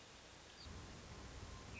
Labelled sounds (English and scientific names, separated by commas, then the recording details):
Hermit Thrush (Catharus guttatus)
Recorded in Sonoma County, California